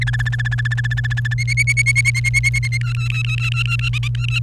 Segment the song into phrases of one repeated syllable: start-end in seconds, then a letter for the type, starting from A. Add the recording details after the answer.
0.01-1.34 A, 1.38-2.78 B, 2.81-3.89 C, 3.93-4.08 D, 4.15-4.39 C. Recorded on 29 April 2018 at 10:26. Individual llb3